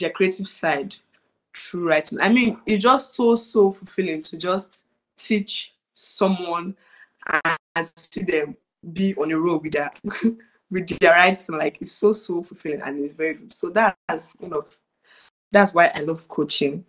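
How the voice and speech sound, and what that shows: Adult woman's conversational speech with word repetitions, stretched sounds and mid-phrase pauses, consistent with mild stuttering.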